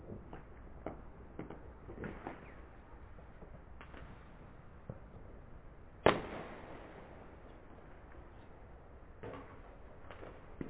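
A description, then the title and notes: Fireworks go off across a valley in scattered pops and thuds every second or two, mostly soft. A single loud bang lands near the six-second mark, its rumble trailing away slowly. A low, steady rumble fills the gaps, and the sound stays dull, without crisp highs. This was Tübingen last new years eve: an impressively loud fireworks display all up and down the valley.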